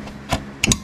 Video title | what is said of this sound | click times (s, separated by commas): Electric Baby Rocker Swing Chair - Magkano at Paano mag assemble? | So may mamarinig kayo guys na parang nag-click na. | 0.6 s, 0.7 s